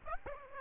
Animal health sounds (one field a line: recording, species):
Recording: mosquito wingbeat signal from an infrared sensor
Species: Aedes aegypti